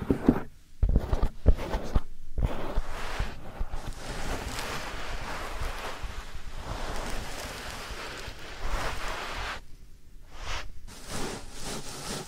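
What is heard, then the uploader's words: Soft powdery rubbing and brushing close to the mic, dense and scratchy, with brief silent gaps early and again near ten seconds. ASMR Real Soft Powder Ear Massage (No Talking).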